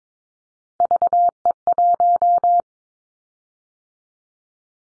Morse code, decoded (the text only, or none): VE1